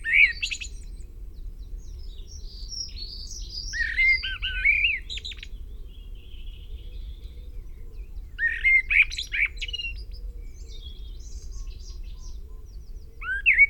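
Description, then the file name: Common blackbird song: mellow fluted warbling phrases ending in thin squeaky twitters, several phrases spaced a few seconds apart, with a low steady rumble underneath. "Turdus merula"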